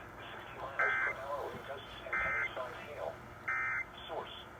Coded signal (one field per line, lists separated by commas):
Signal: Emergency Alert System (SAME) tones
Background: speech